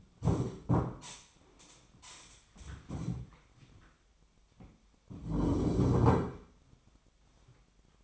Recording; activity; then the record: daily activity, microphone in the room; stand up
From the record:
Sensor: 1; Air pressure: 1007.9 hPa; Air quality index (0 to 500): 192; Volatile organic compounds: 17 ppm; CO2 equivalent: 2597 ppm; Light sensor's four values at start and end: 13/32/13/14 and 13/32/13/14